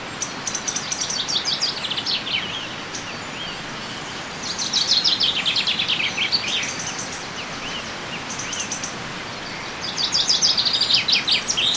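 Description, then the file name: Common chaffinch singing rapid, cascading phrases that fall in pitch and end with a quick flourish. Several phrases, a few seconds apart, over constant outdoor noise. "Fringilla coelebs"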